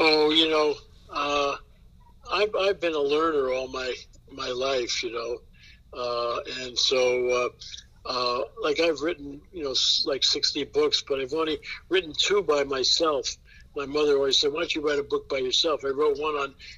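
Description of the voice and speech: One man talks in a relaxed, warm, conversational way at a moderate pace, with clear articulation and a steady mid-low voice. Frequent fillers like "you know" and drawn-out "uh" hesitations fall between phrases, typical of ordinary fluent speech. The room is quiet, with faint hum.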